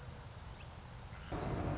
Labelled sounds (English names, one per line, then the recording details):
Song Sparrow
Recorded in Sonoma County, California